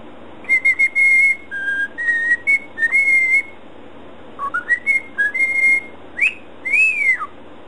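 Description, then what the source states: Cockatiel whistling: clear tonal notes in short bursts, some held flat, others swooping up and down, grouped into phrases with brief pauses between. Cockatiel whistling (siulan).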